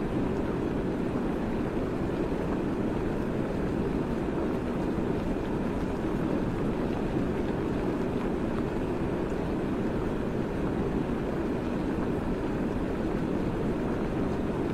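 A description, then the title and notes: Water boils at a steady, dense rumble, low, a constant churning roar with faint bubbling texture and no breaks throughout. Boiling Water.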